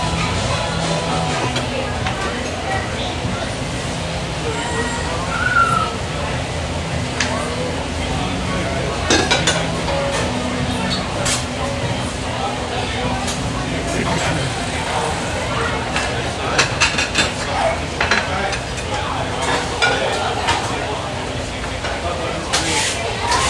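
Restaurant kitchen sounds at a Sunday breakfast in Phoenix, Arizona: a steady, dense bed of voices and sizzling runs the whole time. Sharp clanks of dishes and utensils break through every few seconds, clustering around the middle and near the end.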